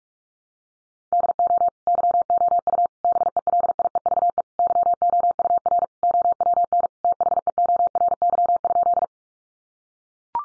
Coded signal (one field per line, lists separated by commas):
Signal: Morse code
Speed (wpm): 44 wpm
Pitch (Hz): 700 Hz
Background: none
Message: DO YOU BELIEVE YOUR OWN THEORY?